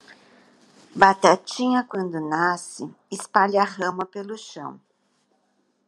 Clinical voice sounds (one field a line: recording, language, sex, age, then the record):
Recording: short text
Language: Brazilian Portuguese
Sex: female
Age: 70 to 79 years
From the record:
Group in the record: control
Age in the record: 71 years